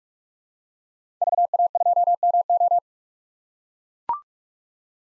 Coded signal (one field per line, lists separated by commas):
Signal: Morse code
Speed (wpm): 44 wpm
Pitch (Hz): 700 Hz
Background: none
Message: VA2MO